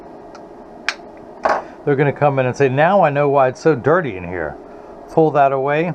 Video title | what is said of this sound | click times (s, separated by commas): Keila's Mexico Eyewear PTC 103 with Rx Anti Glare Lenses | I'm gonna tuck this into the outside corner push down with my thumbs it snaps right in | 0.9 s